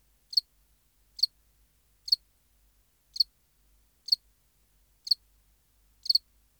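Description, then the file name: House cricket chirping: short, high, sharp chirps repeated about once a second, seven in all, with silence between them. "Acheta domesticus"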